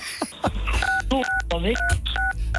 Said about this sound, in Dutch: Ik hoor steeds iemand die op toetsen drukt, zeg maar. Nee, dat ben ik niet.